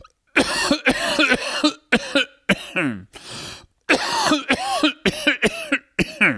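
An adult coughing repeatedly, in two bouts of harsh coughs separated by a drawn breath.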